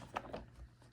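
A knocked-down plastic wall piece from a 2023 Matchbox Action Drivers Epic Construction Yard playset is set back onto its playset base to test whether it clicks into place. A single light tap is heard at about 0.2 s, followed by quieter handling noise. Nothing has clicked: the piece does not click and is only held by a small tab.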